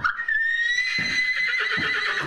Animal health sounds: contact call of a hoofed animal; horse; whinny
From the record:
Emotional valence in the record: negative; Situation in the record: separation from one group member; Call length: 2.4 s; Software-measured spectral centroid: 2450 Hz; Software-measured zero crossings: 3890 a second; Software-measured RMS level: -24 dBFS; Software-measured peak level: -11 dBFS

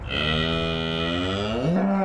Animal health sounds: contact call of a hoofed animal; cattle; low-frequency (closed-mouth) or high-frequency (open-mouth) call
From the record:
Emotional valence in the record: negative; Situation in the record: full separation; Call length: 2.1 s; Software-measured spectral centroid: 1780 Hz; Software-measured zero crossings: 2190 a second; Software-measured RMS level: -24 dBFS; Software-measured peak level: -11 dBFS

